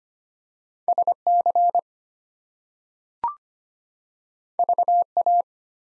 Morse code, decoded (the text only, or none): SC VA